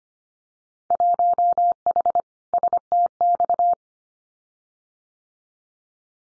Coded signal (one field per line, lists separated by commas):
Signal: Morse code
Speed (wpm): 25 wpm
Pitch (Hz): 700 Hz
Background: none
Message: 1H STX